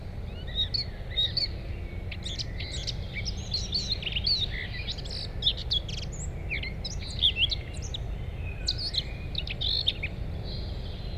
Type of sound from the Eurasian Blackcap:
song